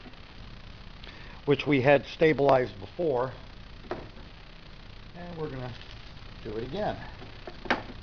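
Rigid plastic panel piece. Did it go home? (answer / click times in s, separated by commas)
yes / 7.7 s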